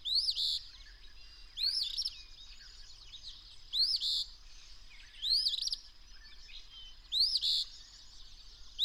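Bird song: several rising whistled phrases, each closed by a brief buzz, with faint twitters behind.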